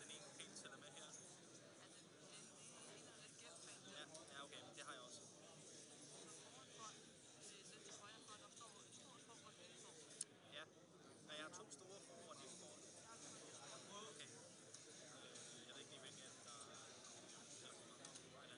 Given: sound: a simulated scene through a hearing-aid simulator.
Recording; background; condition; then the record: conversation; cafeteria; -4 dB SNR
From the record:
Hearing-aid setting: IV (slow-acting compression, loudness normalization); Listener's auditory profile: D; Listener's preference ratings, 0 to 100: 60, 61, 22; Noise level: 65 dB SPL